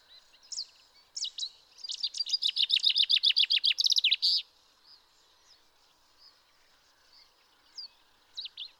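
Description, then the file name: Common chaffinch delivering one strophe of rapid descending notes closing with a flourish, followed by a few soft chirps against a quiet background. "Fringilla coelebs"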